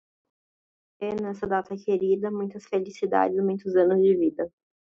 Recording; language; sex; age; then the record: short text; Brazilian Portuguese; female; 20 to 29 years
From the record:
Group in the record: control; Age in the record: 20 years